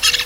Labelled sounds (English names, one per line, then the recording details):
Brown-throated Parakeet contact call
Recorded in Venezuela
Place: Guárico; Corozopando; Fundo La Fe
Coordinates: 8.506, -67.593